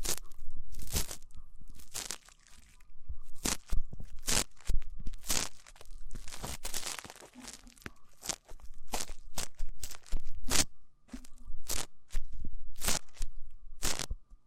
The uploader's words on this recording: ASMR Rough Ear Cleaning (No Talking).